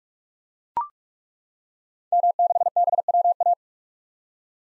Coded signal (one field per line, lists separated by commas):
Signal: Morse code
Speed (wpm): 42 wpm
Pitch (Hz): 700 Hz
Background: none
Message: M6BWA